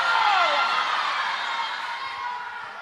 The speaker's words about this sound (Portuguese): Tem um doido pulando, dá um pula aí, um grito aí, todo mundo fala, ó, glória!